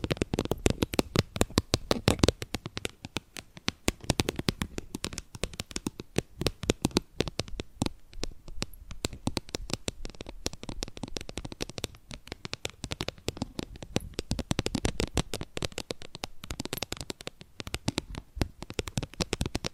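Rapid tapping and scratching fill the whole stretch, a dense run of sharp, dry clicks that land many times per second without pause. The hits are bright and crisp, some louder than others, with brief thinner patches around the middle and near the end.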